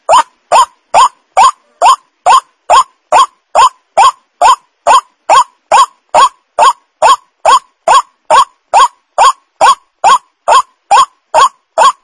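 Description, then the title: White-breasted waterhen repeating loud rising notes in a steady rhythm, about two to three per second, throughout. Lure call of the white-breasted waterhen, known locally as ruak-ruak. "Pancingan Suara Ruak Ruak"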